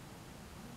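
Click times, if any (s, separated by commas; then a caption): none. A removable snap-on dental veneer, a plastic dental appliance, is being handled and fitted over natural teeth. Only a steady broadband hiss with a low rumble is heard, with no distinct ticks. Nothing has snapped or seated yet.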